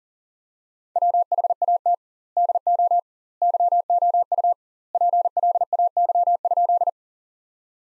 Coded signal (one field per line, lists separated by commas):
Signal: Morse code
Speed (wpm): 40 wpm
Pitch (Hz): 700 Hz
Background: none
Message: WHAT DO YOU PLAY?